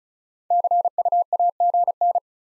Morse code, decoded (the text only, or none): CUAGN